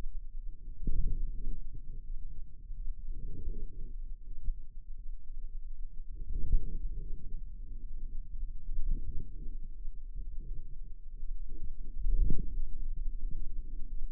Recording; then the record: forearm muscle sounds (acoustic myography)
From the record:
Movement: wrist extension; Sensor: system 2, bracelet of six BSWA MPA416 microphones around the upper forearm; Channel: 4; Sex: female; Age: 23 years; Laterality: right